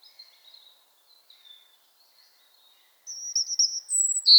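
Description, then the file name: European robin: faint scattered high notes at first, then a loud bright trilling phrase with very high thin whistles near the end. "Erithacus rubecula"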